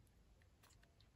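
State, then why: Not seated. A RAM stick is handled over its memory slot in a gaming laptop, being pressed down toward the slot so the side retaining clips can lock. Only faint, brief ticks and light scraping sit over a low background rumble, with the busiest handling around 0.6–0.9 s. Nothing has seated or clicked yet.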